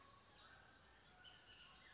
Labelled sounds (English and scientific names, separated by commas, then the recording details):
Bullock's Oriole (Icterus bullockii)
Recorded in Sonoma County, California